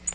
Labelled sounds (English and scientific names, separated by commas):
Tennessee Warbler (Leiothlypis peregrina) flight call